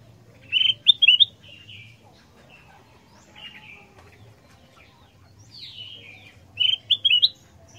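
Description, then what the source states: Ruby-throated Bulbul song: two clear bursts of lively whistled chirps and trills, one early and one late, separated by a long quieter stretch with faint notes. Combined song medley (masteran) used to train songbirds.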